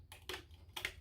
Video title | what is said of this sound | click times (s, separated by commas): Original PlayStation (PS1) Refurbishing! Cleaning and Stuck Button Repair/Fix! | the open, the power buttons, you'll just hear a click as they all pop up. | 0.1 s, 0.3 s, 0.8 s